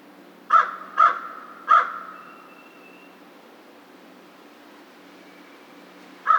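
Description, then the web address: American crow caws, three harsh calls in quick succession, then a long pause and one more caw at the end. Recorded 2 March 2010. "Crow 2010 03 02 American Crow 03"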